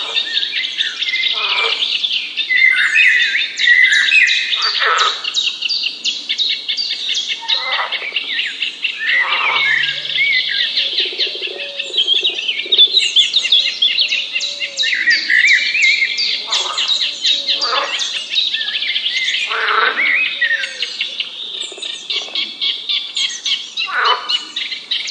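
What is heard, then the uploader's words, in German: A dense, steady chorus of birds on a morning at a frog pond, with bright chirps and trills layered without pause. Every few seconds a louder call swoops downward, and a few short, lower calls appear around the middle. Entspannung Natur: Morgens am Froschweiher. Am Rand eines Froschweihers mitten in einem Biotopgebiet.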